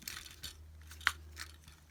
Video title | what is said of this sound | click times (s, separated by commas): Transformers Shattered Glass Leader Class Ultra Magnus Review | and i think this should there we go so that should click into place a little bit better | 1.1 s